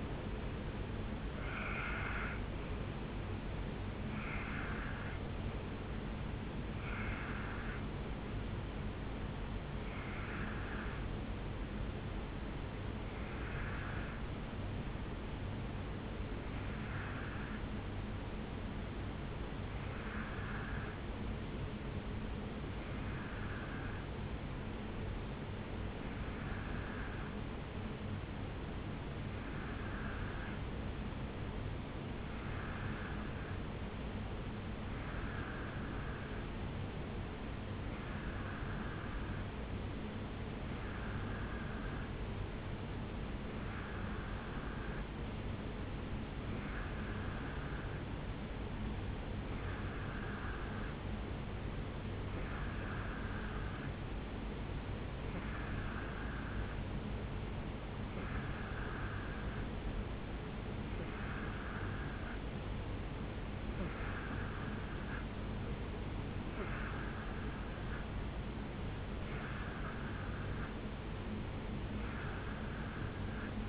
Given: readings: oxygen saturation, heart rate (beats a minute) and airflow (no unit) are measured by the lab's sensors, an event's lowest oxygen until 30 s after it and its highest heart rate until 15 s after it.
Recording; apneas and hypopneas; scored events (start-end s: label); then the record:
breathing in sleep by a voice recorder at the bedside; 1
13.00-68.30 s: hypopnea (N1, oxygen 97% highest, then 89% lowest, heart rate 59 at the start, 69 highest)
15.00-73.69 s: new sleep stage, N2 (light sleep)
From the record:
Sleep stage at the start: N1 (lightest sleep); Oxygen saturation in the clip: 87 to 97%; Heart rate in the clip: 56 to 74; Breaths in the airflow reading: 24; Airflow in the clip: -7.3 to 5.4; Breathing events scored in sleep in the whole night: 449 in 7.0 hours asleep